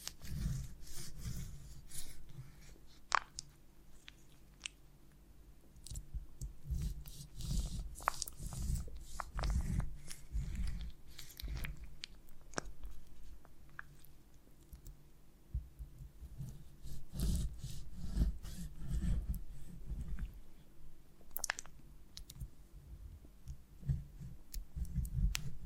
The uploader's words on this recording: ASMR of a Honeycomb on Branch (No Talking).